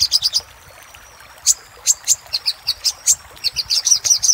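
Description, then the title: Little spiderhunter calling with a few piercing high chips, then a thin sustained whistle, then spaced sharp notes quickening toward the end. Master recording used for training cage birds. "Sogok Ontong Labaik"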